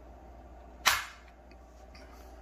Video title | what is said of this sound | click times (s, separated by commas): LCP Max With Rounded IWB Holster | now if you want to hear the click | 0.9 s